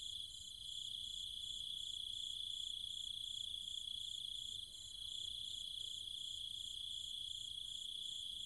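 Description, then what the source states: Insects including cicadas drone continuously at high pitch while a quicker pulsing trill runs on top, the sound briefly easing twice. Cicadas and other insects calling at night in trees and fields of the countryside near Chiang Mai, Thailand.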